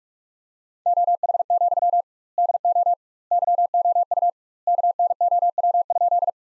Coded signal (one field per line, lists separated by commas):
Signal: Morse code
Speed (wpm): 46 wpm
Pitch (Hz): 700 Hz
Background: none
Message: OH, DO YOU KNOW?